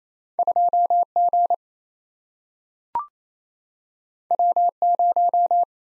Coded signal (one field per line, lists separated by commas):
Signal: Morse code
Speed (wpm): 28 wpm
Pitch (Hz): 700 Hz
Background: none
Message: 2G W0